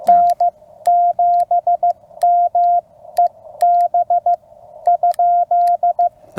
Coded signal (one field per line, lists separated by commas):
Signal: Morse code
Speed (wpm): 16 wpm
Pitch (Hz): 700 Hz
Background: none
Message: N7MEB ?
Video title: Friend Stops by to see a CW POTA